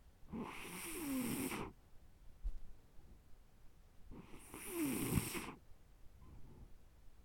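Two long, rough, rattling breaths about four seconds apart, roughly 15 breaths a minute, with quiet pauses between them. This is snoring, the flutter of relaxed throat tissue during sleep breathing.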